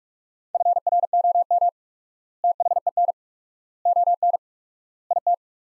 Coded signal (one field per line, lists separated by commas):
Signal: Morse code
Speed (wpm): 46 wpm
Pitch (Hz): 700 Hz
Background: none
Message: FROM THEN ON IT